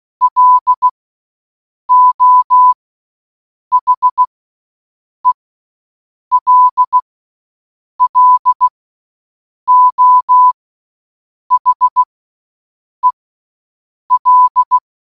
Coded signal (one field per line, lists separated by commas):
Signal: Morse code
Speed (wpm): 16 wpm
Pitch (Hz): 1000 Hz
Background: none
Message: LO HELLO HEL